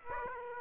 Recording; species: mosquito wingbeat signal from an infrared sensor; Aedes aegypti